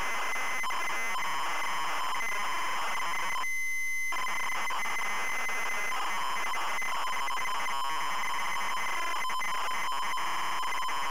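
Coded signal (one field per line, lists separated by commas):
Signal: ZX Spectrum tape loading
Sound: harsh rapidly warbling buzz of data tones, with a short pause near four seconds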